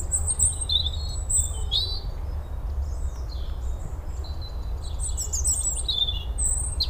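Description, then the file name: European robin song: high thin whistles and rapid twittering phrases that start, pause and resume, set against a continuous low rumbling background. "Erithacus rubecula"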